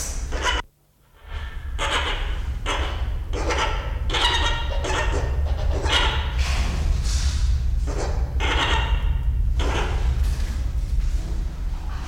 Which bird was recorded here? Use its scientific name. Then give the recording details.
Anthracoceros coronatus. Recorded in captivity. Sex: male. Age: adult. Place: Zoo Berlin, Berlin, DE. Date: 1993-01-16. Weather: 10-14°C, sonnig. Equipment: Marantz CP 430, Sennheiser ME 80, Kopie Uher Variocord 263. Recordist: Tembrock, Günter